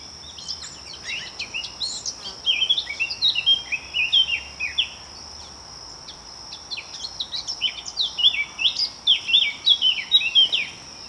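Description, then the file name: Eurasian blackcap song: rapid, varied warbling phrases of sweet twittering notes in bursts, over a steady high tone. "Sylvia atricapilla"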